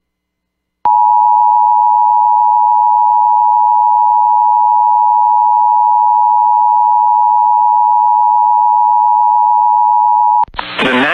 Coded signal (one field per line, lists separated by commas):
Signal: Emergency Alert System (SAME) tones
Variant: 853 and 960 Hz attention tone